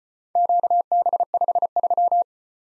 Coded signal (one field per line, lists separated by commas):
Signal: Morse code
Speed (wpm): 33 wpm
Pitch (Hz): 700 Hz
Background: none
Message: QB53